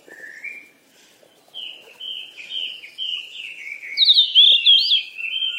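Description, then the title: Bird chirping in a steady run of short sliding notes that grows louder, ending in a bright, tangled twitter. "鸟儿喳喳"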